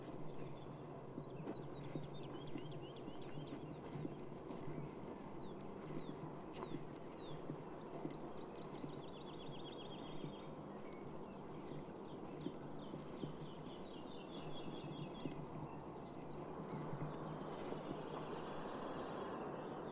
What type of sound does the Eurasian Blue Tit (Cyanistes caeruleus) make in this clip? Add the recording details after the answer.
song. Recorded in the wild. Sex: male. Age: adult. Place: Schönow, Naturpark Barnim, Brandenburg, DE. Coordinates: 52.6842, 13.5283. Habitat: heath. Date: 2005-04-01. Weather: clear, 0°C, weak south-easterly winds. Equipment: Tascam DA-P1, Telinga Pro 5. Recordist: Frommolt, Karl-Heinz